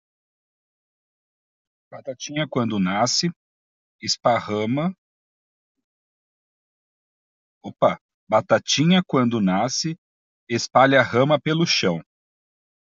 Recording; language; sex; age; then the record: short text; Brazilian Portuguese; male; 30 to 39 years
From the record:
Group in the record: control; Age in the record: 37 years